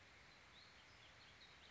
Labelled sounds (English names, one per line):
Warbling Vireo